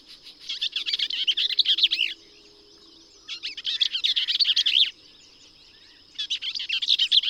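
Bell's vireo song: fast, scratchy, jumbled warbling phrases about 1.5 seconds long, given roughly every three seconds, with a faint steady high hum beneath.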